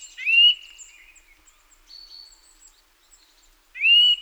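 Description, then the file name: Eurasian nuthatch gives two loud whistled notes that rise then level off, one at the start and one at the end, with faint high notes between. "Sitta europaea"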